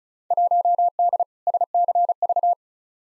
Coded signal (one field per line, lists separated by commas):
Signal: Morse code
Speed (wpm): 36 wpm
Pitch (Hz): 700 Hz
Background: none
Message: 1D SCV